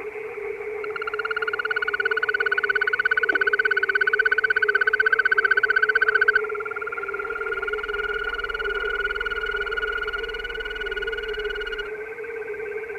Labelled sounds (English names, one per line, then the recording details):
Green Toad call
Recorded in the wild
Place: Darscho-Lacke, AT
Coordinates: 47.7736, 16.8428
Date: 1972-05-07
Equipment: Uher Report 4200, AKG D190C in Doppel-Parabolreflektor
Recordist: Krey, Winfried